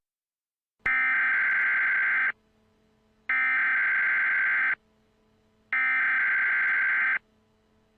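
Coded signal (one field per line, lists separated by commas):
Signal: Emergency Alert System (SAME) tones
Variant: header bursts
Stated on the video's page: Fictional EAS scenario alert.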